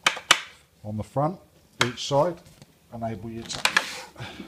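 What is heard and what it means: A heavy-duty, full-extension steel drawer slide rated for 225 kilos, fitted in a plywood storage drawer unit, is pulled all the way out. Its built-in locks catch with two sharp clicks at 0.1 s and 0.3 s, and the slide locks open. Someone then talks.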